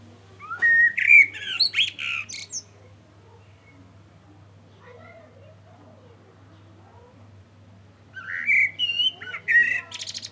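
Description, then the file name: Common blackbird singing two phrases of smooth, rising whistles and thin twittered endings, with a long pause between and a low hum underneath. "Turdus merula"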